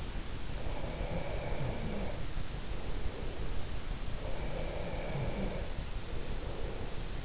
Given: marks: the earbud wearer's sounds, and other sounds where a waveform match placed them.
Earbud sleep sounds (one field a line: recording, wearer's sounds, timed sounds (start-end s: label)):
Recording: sounds in sleep by an in-ear microphone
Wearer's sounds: breath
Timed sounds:
0.53-3.76 s: breath
4.15-7.25 s: breath